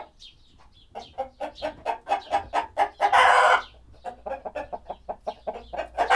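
Chicken clucks repeated in a steady series of short pulses, with one loud, rough squawk partway through before the clucking resumes.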